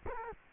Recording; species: mosquito wingbeat signal from an infrared sensor; Culex quinquefasciatus